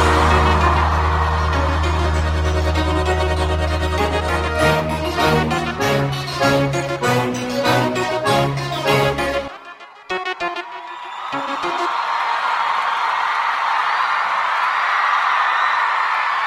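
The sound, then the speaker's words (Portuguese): Live music plays for several seconds and then stops, followed by a sustained roar of a concert audience shouting and cheering that swells and holds steady to the end. “E quem gostou, levanta a mão e dá um grito aí.”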